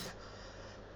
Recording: coughing mixed with background sound